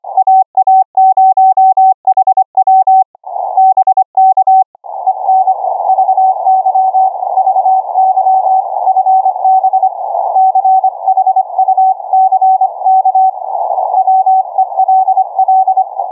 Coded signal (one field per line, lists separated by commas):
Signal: Morse code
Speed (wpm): 25 wpm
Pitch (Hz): 760 Hz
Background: none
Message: AA0HW BK EN VY VY FB CHUCK WELL